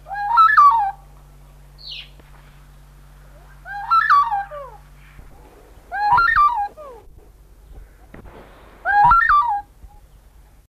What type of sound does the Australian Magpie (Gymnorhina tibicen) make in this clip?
call